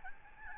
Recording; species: mosquito wingbeat signal from an infrared sensor; Aedes albopictus